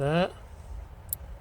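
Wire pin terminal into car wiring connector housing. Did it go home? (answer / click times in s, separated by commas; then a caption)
yes / 1.1 s. A crimped wire terminal is pushed all the way into a slot in a white plastic car wiring connector housing, part of an Audi RS5 electronic retractable wing spoiler retrofit on a B8/B8.5 A5 or S5. Someone talks briefly at the start, then after a quiet stretch a small, sharp click is heard at 1.1 s. The terminal is seated and its tab is latched.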